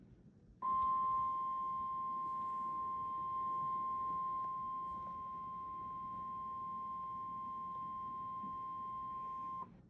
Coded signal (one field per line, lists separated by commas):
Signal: Emergency Alert System (SAME) tones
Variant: 1050 Hz attention tone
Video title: Is it Spring already??? EAS Alerts From 12-28-2025